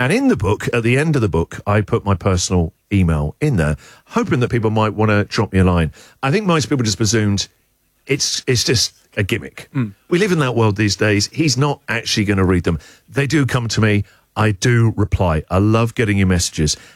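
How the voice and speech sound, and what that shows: An adult male radio host speaks fluently at a relaxed conversational pace with brief natural pauses; ordinary speech with no disorder.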